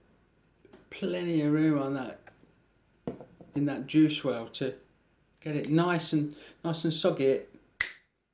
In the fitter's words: Clicks in place. Great.